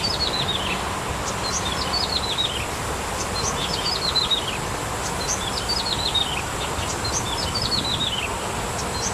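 Bar-winged prinia song: quick falling series of thin notes, phrases repeating irregularly, with constant low rumbling background noise.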